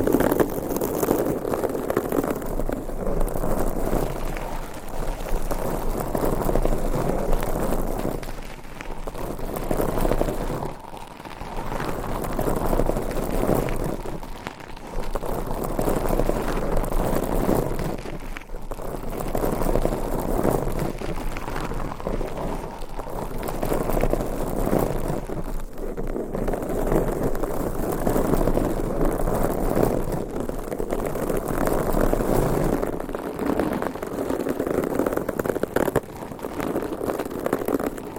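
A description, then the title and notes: Microphones are scratched and rubbed by hand in a dense, continuous rasping roar, heavy in the low and middle range. Brief dips and pauses break it roughly every few seconds, near 10, 15, 18, 25 and 33 seconds, before the rough scraping resumes. ASMR Mic Scratching with 6 Mics & 4 Hands.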